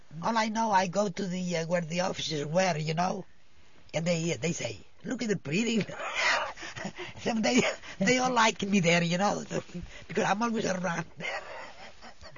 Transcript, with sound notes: All I know, I go to where the officers were, you know. And they say, "Look at the pretty." ( she laughs ) Some day, they all like me there, you know, because I'm always around there.